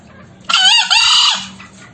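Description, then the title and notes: Green junglefowl crowing: one loud, harsh, two-part call, a raspy first note running straight into a longer strained second note, with quiet background. Crowing used as a lure for trapping, meant to make birds that have gone quiet call back. "Kokok Ayam Hutan. MASTERAN AYAM HUTAN HIJAU YANG MACET BUNYI WAJIB NYAUT. Pemikat Ayam Hutan"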